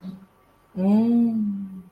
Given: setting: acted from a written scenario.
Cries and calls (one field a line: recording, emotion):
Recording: vocal sound without words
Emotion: romantic love